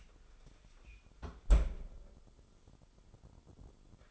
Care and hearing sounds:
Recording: daily activity, microphone in the room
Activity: close fridge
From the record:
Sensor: 5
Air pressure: 988.6 hPa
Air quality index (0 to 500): 218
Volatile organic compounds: 122 ppm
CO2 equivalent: 3886 ppm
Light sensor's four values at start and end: 42/126/50/53 and 41/128/49/53

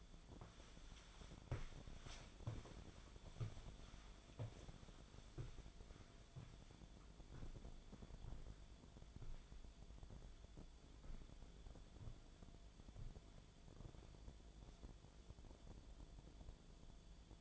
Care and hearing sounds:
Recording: daily activity, microphone in the room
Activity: walk to room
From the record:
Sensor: 5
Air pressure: 1010.1 hPa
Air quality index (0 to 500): 144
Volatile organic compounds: 3 ppm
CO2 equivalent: 1408 ppm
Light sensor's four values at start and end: 259/635/269/295 and 253/637/265/288

